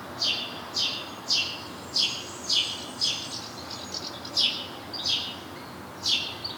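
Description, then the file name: House sparrow chirping, several rough chirps in quick succession. "Passer domesticus"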